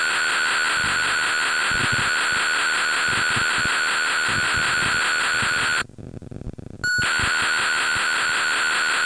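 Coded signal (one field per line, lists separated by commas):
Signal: computer data on cassette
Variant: Intellivision Keyboard Component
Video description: First two minutes of a blank Intellivision Keyboard Component BASIC data storage cassette.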